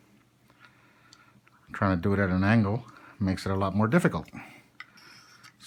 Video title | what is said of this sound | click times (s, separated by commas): ALIEN PISTOL by LAUGO ARMS, Czech Republic - Cleaning, Disassembly/Reassembly & a small comparison. | ooh the spring is not seated right see trying | none